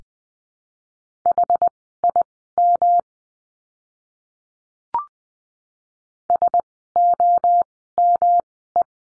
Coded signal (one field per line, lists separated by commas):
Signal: Morse code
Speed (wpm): 20 wpm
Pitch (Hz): 700 Hz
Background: none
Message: HIM SOME